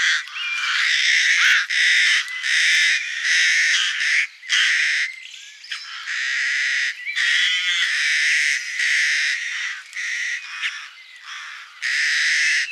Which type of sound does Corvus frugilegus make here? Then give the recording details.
song. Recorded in the wild. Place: March - Hugstetten /Breisgau, Baden-Württemberg, DE. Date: 2009-04-05. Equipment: MiniDisc Sharp MT 20 H. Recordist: Schwarz, Dieter. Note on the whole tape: Song